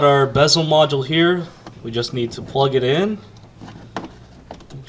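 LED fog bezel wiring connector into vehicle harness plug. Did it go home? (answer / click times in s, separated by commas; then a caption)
yes / 4.0 s. Someone talks as the wiring plug of an aftermarket LED fog light bezel module for a 2015 WRX/STI is pushed into its mating harness connector behind the car's bumper. A sharp snap at 4.0 s is followed by a few faint ticks, and the connector clicks in and is seated.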